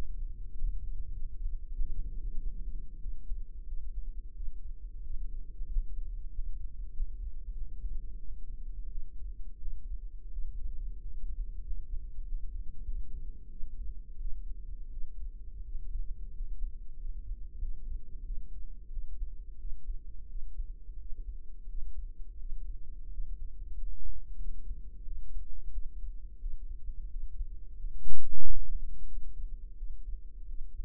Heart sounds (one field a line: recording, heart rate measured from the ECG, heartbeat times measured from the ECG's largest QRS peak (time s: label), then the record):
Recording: heart sounds by microphone in the right ear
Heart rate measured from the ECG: 90 bpm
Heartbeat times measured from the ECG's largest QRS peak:
0.53 s: heartbeat
1.14 s: heartbeat
1.74 s: heartbeat
2.35 s: heartbeat
2.98 s: heartbeat
3.64 s: heartbeat
4.33 s: heartbeat
5.02 s: heartbeat
5.67 s: heartbeat
6.29 s: heartbeat
6.91 s: heartbeat
7.52 s: heartbeat
8.15 s: heartbeat
8.87 s: heartbeat
9.58 s: heartbeat
10.28 s: heartbeat
10.98 s: heartbeat
11.61 s: heartbeat
12.23 s: heartbeat
12.84 s: heartbeat
13.47 s: heartbeat
14.17 s: heartbeat
14.89 s: heartbeat
15.62 s: heartbeat
16.31 s: heartbeat
16.95 s: heartbeat
17.58 s: heartbeat
18.22 s: heartbeat
18.89 s: heartbeat
19.56 s: heartbeat
20.27 s: heartbeat
20.96 s: heartbeat
21.66 s: heartbeat
22.36 s: heartbeat
23.09 s: heartbeat
23.73 s: heartbeat
24.37 s: heartbeat
25.02 s: heartbeat
25.70 s: heartbeat
26.37 s: heartbeat
27.08 s: heartbeat
27.74 s: heartbeat
28.39 s: heartbeat
29.05 s: heartbeat
29.74 s: heartbeat
30.45 s: heartbeat
From the record:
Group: healthy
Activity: rest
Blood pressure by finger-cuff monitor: 125/66 mmHg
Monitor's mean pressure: 85 mmHg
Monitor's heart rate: 90 bpm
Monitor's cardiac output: 8.1 L/min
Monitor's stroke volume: 90 mL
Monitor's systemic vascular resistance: 770 dyn s/cm5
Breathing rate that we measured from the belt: 11 breaths a minute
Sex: female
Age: 26 years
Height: 165 cm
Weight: 55 kg